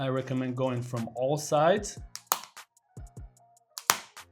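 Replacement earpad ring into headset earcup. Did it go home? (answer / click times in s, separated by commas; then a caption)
yes / 2.3 s, 3.8 s, 3.9 s. Someone talks, then a replacement earpad ring is pressed into the earcup of a Razer BlackShark V3 Pro headset at different points around the rim. Sharp, very short plastic clicks at 2.3, 3.8 and 3.9 seconds are the remaining clips snapping in, and the earpad is seated.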